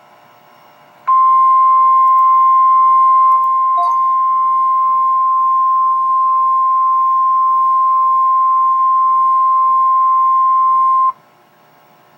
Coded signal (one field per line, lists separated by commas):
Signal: Emergency Alert System (SAME) tones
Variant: 1050 Hz attention tone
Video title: REAL EAS 848-Flash flood emergency